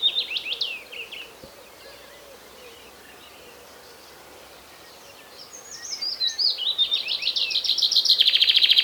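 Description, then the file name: Common chaffinch song: a few bright notes, a pause, then a trill of repeated notes that steps downward and grows louder toward a rapid, emphatic ending. "Fringilla coelebs"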